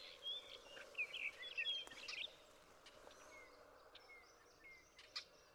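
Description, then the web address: Western meadowlark song: a two-second burst of clear, fluty whistles and gurgling notes, then faint thin slurred whistles over a soft background hiss. "birdsongforthecurious Western Meadowlark"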